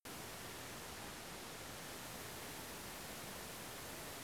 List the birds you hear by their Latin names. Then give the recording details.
none. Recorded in France